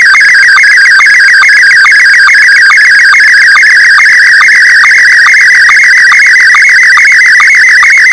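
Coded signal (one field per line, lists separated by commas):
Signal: SSTV (slow-scan television)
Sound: warbling, chirping tone with a steady rhythmic tick about twice per second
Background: radio static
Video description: SSTV image decoded with MMSSTV (no VAC required).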